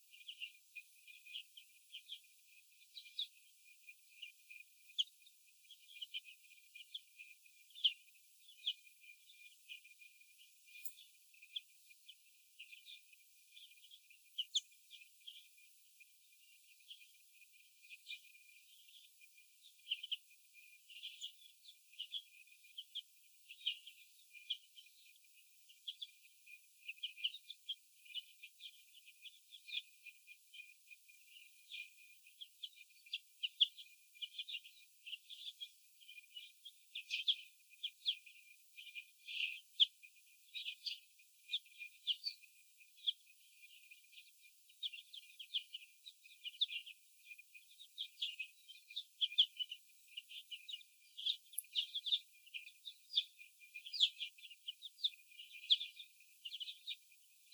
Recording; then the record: young laying hens in a cage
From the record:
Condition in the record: after the stressor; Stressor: sudden umbrella opening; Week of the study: 2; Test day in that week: 1